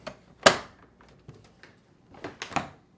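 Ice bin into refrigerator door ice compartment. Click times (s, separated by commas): 0.5 s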